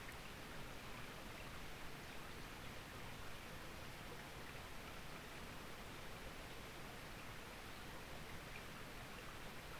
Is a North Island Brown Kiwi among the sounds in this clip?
no